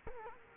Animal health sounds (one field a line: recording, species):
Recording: mosquito wingbeat signal from an infrared sensor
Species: Culex quinquefasciatus